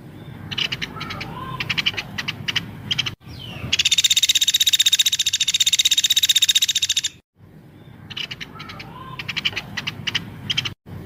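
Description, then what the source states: Streaked spiderhunter song: a steady buzzy chatter of fast repeated notes lasting several seconds, framed by irregular sharp chips. Lively, clear, long song, used to train other birds.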